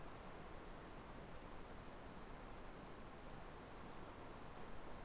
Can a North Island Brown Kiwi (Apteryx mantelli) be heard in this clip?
no